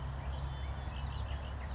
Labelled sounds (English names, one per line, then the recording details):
Red-winged Blackbird
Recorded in Sonoma County, California